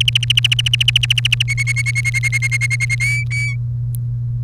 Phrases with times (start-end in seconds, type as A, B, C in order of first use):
0.01-1.42 A, 1.48-2.95 B, 3.00-3.55 C